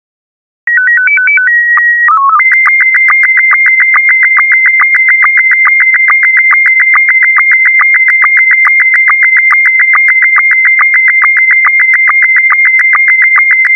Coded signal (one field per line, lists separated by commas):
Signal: SSTV (slow-scan television)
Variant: Scottie 1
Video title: Guys, why my SSTV RX looks sus?